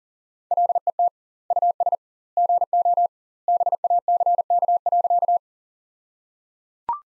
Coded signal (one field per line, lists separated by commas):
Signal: Morse code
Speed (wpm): 37 wpm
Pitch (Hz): 700 Hz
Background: none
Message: LET US GO BACK.